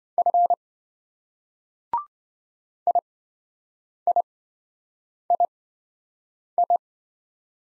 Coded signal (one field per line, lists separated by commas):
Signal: Morse code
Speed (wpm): 26 wpm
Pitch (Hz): 700 Hz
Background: none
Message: F IIII